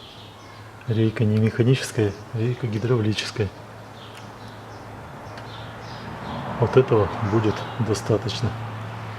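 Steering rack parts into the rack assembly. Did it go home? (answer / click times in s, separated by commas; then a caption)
no / none. During a tie rod and tie rod end replacement on a 2010 Daewoo Matiz 0.8, done because of a knock in the hydraulic steering rack, freshly greased steering rack parts are about to be inserted into the rack assembly. Someone talks over a steady low hum. Nothing has seated or clicked yet.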